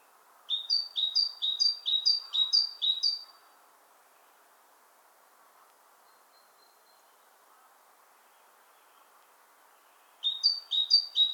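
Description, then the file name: Great tit song, a ringing two-part note repeated quickly in a short series, followed by a long quiet gap and a fresh series at the end. "Parus major"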